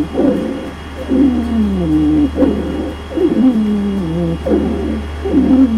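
Musical, whistling tones that slide downward in pitch recur in short bursts roughly once a second, over a steady low hum, in an adult's lungs. These are wheezes: swelling of inflamed airway walls, as in bronchitis, narrows the tubes, so air speeds up and whistles, rattles or squeaks as it is forced through.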